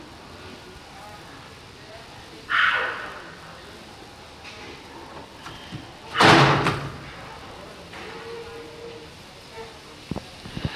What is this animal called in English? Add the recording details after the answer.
Collared Mangabey. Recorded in captivity. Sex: male. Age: adult. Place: Zoo Prag, CZ. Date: 1967-09-14 11:00. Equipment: Uher 4000 Report-S, Transistorverstärker II, Sennheiser MD 421. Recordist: Tembrock, Günter